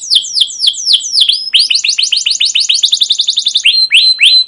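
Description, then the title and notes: Canary song with loud downslurred chirps, a fast rolling trill of repeated notes, then more downslurred chirps. Canary song with emotional "cuit cuit" chirps, used as a lure to prompt other canaries to sing and as a master recording for young canaries learning sounds. "CUIT CUIT NGEROL LANGSUNG GACOR PANJANG Kenari Ini AMPUH Utk Pancingan KENAR. PANCINGAN Kenari GACOR PANJANG Cuit CUIT EMOSI ini AMPUH utk MASTERAN Kenari PAUD belajar BUNYI. burung kenari"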